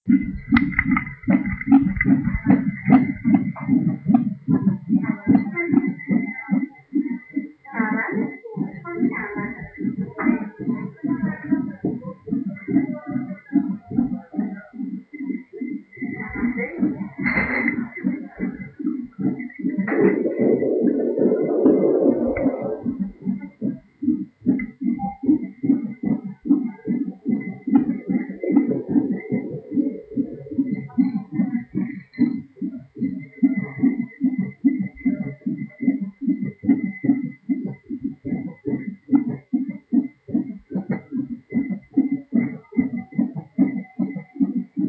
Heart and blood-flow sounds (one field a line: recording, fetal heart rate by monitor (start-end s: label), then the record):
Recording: fetal heart sounds by stethoscope on the mother's abdomen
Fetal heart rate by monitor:
0.00-10.00 s: 150 bpm
10.00-20.00 s: 147 bpm
20.00-30.00 s: 152 bpm
30.00-40.00 s: 150 bpm
40.00-44.88 s: 148 bpm
From the record:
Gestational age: 40 weeks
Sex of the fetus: boy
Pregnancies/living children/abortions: 2/0/1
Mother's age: 23 years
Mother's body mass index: 29.7